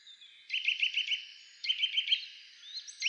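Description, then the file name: Eurasian nuthatch giving two short bursts of quick, clear whistled notes, with a third starting at the end and a faint higher note just before it. "Sitta europaea"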